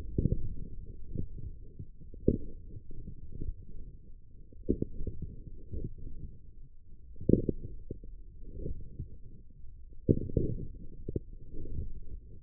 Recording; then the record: forearm muscle sounds (acoustic myography)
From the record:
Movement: forearm pronation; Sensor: system 1, eight BSWA MPA416 microphones around the upper forearm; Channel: 7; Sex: male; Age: 18 years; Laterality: right